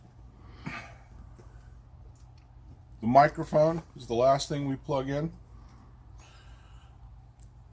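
A microphone's modular cable plug is picked up and lined up with a radio jack before being pushed in, making only small handling noises, including a brief one near 0.7 s, while someone talks. The plug has not seated or clicked into the jack yet.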